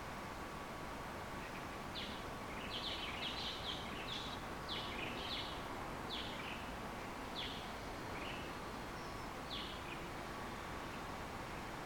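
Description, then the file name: House sparrow chirping, short high chirps in loose irregular bursts over a steady broad hiss of background noise. "Passer domesticus"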